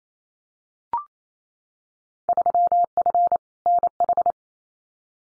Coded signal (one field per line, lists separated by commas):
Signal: Morse code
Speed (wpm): 28 wpm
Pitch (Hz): 700 Hz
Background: none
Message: 3F NH